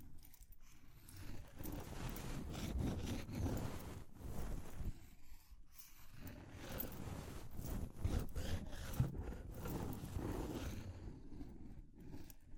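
Close-miked ear cleaning with rough scratching and rubbing, a dense, low, rumbling texture that shifts constantly. Short sharp taps and clicks break through irregularly, with brief near-silent pauses around four and six seconds and again near the end.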